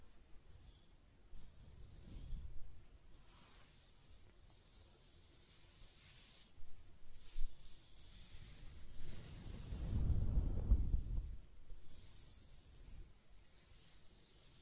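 Close-up hair sounds: soft scratching and stroking with a dry, hissing rustle throughout. Low rubbing swells come and go, a brief one near 2 seconds and a heavier, longer pass around 10 to 11 seconds, with faint bright crackles scattered between.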